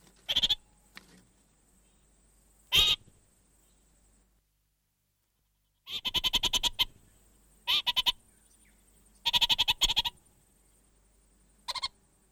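Orange-fronted parakeet giving harsh, rapid chattering bursts, short and long, separated by pauses of one to three seconds, with a faint steady high hiss through most.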